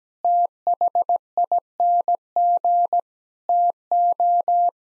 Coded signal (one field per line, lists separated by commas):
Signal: Morse code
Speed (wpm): 18 wpm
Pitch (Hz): 700 Hz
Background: none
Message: THING TO